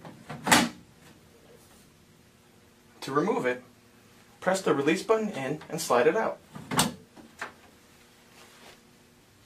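A bidet toilet seat, lined up with the plastic catch plate bolted to the toilet, is slid in and clicks sharply into place at 0.5 s, seating on the catch plate. Someone then talks, with a few brief knocks near the end.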